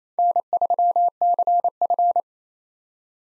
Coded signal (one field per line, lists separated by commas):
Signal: Morse code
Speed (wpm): 27 wpm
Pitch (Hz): 700 Hz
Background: none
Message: N3CF